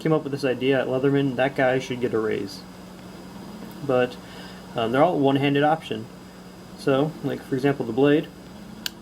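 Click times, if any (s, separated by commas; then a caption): 8.9 s. Someone talks over a faint steady hum while the S30V stainless steel blade of a Leatherman Charge TTI multi-tool is opened one-handed. At 8.9 s a single sharp, brief click is heard as the liner lock engages and locks the blade open in place.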